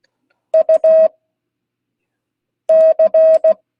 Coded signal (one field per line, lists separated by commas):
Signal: Morse code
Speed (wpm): 17 wpm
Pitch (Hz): 640 Hz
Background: none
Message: UC